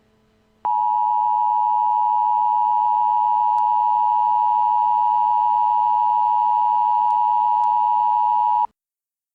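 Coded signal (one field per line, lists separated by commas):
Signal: Emergency Alert System (SAME) tones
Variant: 853 and 960 Hz attention tone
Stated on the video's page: Fictional EAS scenario built around a cartoon chicken fight.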